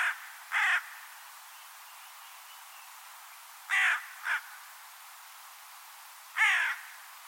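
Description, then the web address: Bird producing harsh, grating caws in short groups: one cut off at the start, a single, a quick double, then another single, separated by quiet hiss. "Deverinetal 2025 File origin Bird Only"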